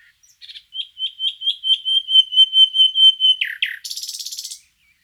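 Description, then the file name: Common nightingale song: a long series of even, pulsing whistled notes at one pitch, then two sweeping notes and a burst of high buzzy sound. "Luscinia megarhynchos"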